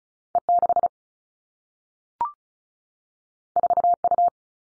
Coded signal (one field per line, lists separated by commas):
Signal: Morse code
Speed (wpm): 36 wpm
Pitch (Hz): 700 Hz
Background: none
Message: E 6 4 U